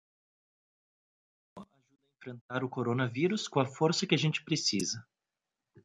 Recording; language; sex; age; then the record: spoken sentence; Brazilian Portuguese; male; 30 to 39 years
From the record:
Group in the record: control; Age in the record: 33 years